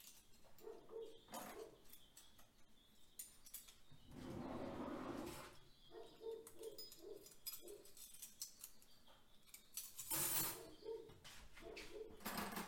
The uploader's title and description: Evening Dishes and Kitchen Redding. Washing dishes, running water, cupboards and drawers opening and closing in a quiet house